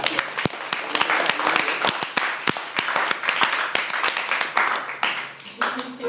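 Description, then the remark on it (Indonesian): A crowd applauds steadily, a dense run of overlapping claps with sharp individual hand slaps standing out, sustained and fairly loud throughout before thinning slightly near the end; applause for ARKOM after questions at a community history museum workshop. “Kalau tidak ada, tepuk tangan untuk ARKOM.”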